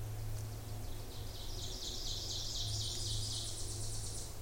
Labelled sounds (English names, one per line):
Ovenbird song